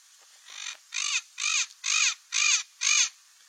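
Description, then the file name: Cape parrot giving harsh, raspy squawks, six in a row about every half second, each a broad grating burst with a slight rising-falling tone. "canto do papagaio do cabo"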